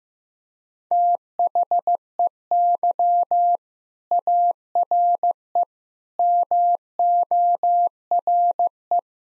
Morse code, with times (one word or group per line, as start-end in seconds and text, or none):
0.9-3.6 THEY
4.1-5.6 ARE
6.2-9.0 MORE